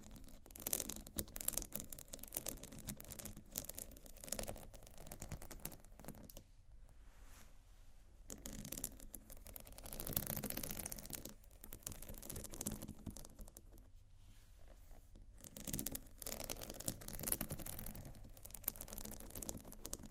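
Scratching and tapping on textured bags, a dense run of quick, crisp rasps and clicks that fill most of the twenty seconds. Brief near-silent gaps fall around seven and fourteen seconds, and the louder scraping swells between ten and thirteen seconds.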